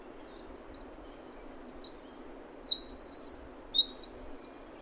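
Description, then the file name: Eurasian wren song: a loud, rapid stream of high, sharp trills and twittering notes, with fast repeated rattling phrases in the middle. "Troglodytes troglodytes"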